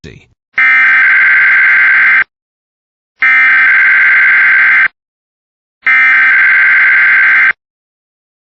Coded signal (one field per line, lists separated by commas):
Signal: Emergency Alert System (SAME) tones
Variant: header bursts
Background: speech